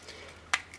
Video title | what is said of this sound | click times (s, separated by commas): Let's Build Halo Universe Wave 2 Imperial Grunt | you've got it sort of lined up they'll just click into place here anyway so | 0.5 s